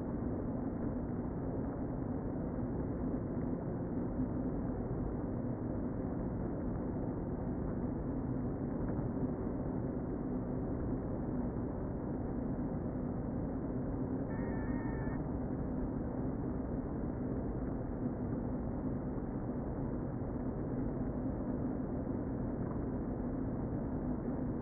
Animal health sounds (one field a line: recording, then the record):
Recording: honeybee colony, microphone inside the hive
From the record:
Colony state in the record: queen present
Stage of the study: before two queens were removed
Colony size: about 60,000 bees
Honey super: yes